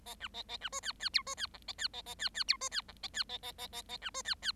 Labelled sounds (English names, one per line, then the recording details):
Bengalese Finch song
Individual Bird7